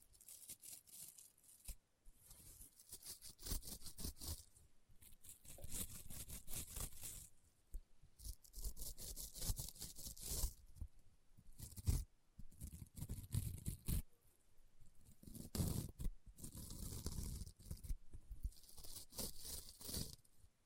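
Crunchy, popping slime being squeezed in dense bursts of crackling, with short pauses every few seconds between rapid clusters of sharp pops.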